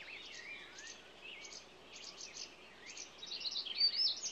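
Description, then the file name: Several songbirds chirping and warbling together, high sliding whistles and quick notes overlapping, growing louder with bright trills toward the end. Morning songbird ambience. "Echoes Of Nature-Morning Songbirds"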